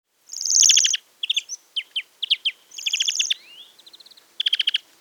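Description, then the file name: European greenfinch calls: a loud buzzy high note followed by rapid twittering chips and trills, with another buzzy burst and a quick run of sharp chirps. "Chloris chloris"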